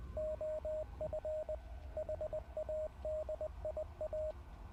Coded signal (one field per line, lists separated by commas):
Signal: Morse code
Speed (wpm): 20 wpm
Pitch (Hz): 620 Hz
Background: radio noise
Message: OF HADIA